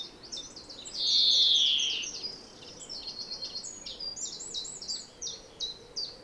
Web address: SETE Chloris chloris